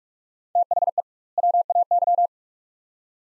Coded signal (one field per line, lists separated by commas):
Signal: Morse code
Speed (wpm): 43 wpm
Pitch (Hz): 700 Hz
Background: none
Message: THE WAY